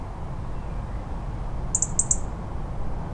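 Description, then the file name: European Robin producing one quick burst of several sharp, high ticking notes amid low rumbling noise. "Erithacus rubecula - European Robin"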